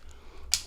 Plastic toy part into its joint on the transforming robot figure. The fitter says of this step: the clicking here so i want you to see that because you have to do that see